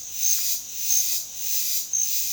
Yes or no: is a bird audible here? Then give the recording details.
no. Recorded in dense forest near Puerto Asís, Putumayo, Colombia, on 21 February 2024 at 07:00. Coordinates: 0.505, -76.324. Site G6467